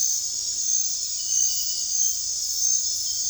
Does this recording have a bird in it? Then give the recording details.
no. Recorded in dense forest near Puerto Asís, Putumayo, Colombia, on 26 December 2024 at 01:00. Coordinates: 0.468, -76.322. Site G071